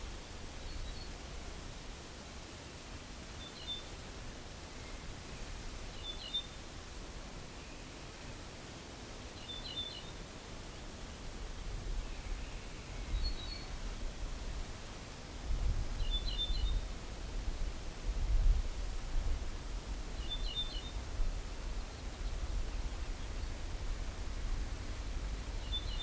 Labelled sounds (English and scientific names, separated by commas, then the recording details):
Ortolan Bunting (Emberiza hortulana) call
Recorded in the wild
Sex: female
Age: adult
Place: Schloß Holte-Stukenbrock, Senne, Nordrhein-Westfalen, DE
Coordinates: 51.8653, 8.66111
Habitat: edge of the woods
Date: 1967-05-04
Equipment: Uher 4000 Report-S, Bändchenmikro Beyer M 260, Parabolspiegel Polyester (470 mm)
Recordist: Conrads, Klaus
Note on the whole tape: Südlicher Waldrand südlich Hof Brock (Furlbach-Gebiet). Weibchen: "bit"-Rufe bei Nestbau